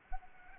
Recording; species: mosquito wingbeat signal from an infrared sensor; Anopheles gambiae